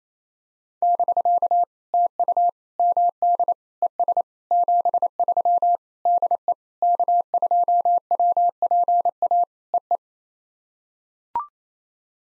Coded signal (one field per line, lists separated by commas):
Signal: Morse code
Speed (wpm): 28 wpm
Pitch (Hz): 700 Hz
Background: none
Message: <BK> TU MD ES 73 DE K2WPA EE